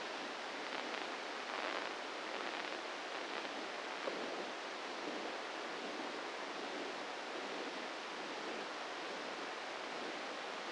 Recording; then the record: brain microelectrode recording played as sound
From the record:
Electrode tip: inside the subthalamic nucleus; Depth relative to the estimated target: -3 mm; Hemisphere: left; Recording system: NeuroSet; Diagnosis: Parkinson's disease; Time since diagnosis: 8 years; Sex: male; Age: 58 years